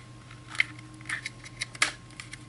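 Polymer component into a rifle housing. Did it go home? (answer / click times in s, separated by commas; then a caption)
yes / 1.8 s. During reassembly of a Kel-Tec RDB rifle, a polymer component is pushed home into the rifle housing. Light clicks and taps sound over a steady low hum, with a sharp tick at 0.6 s. At 1.8 s a loud, solid snap marks the part popping into place, seated.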